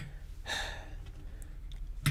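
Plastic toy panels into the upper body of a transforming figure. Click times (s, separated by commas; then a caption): 2.1 s. Plastic panels on an Earthspark Deluxe Megatron transforming action figure are unclipped, extended out and pushed up into its upper body. A soft breathy rush around 0.5 s and faint plastic ticks near 1.1, 1.4 and 1.7 s lead to a sharp, loud snap at 2.1 s as the panels seat in place.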